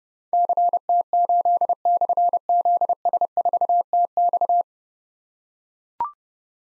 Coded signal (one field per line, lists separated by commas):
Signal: Morse code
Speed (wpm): 32 wpm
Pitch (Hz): 700 Hz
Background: none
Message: CT8/ZS4TX